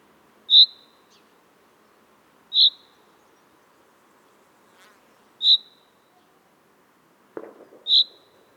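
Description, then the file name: Common chaffinch calls: short, bright single notes repeated every two to three seconds, four in all, with a brief rustling noise just before the last note. "Fringilla coelebs"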